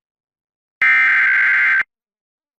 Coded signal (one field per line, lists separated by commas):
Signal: Emergency Alert System (SAME) tones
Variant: header bursts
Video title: EAS Alerts from September 21-22, 2024 [EAS #1,859-1,873]